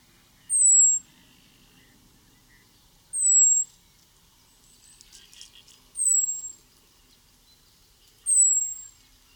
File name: Erithacus rubecula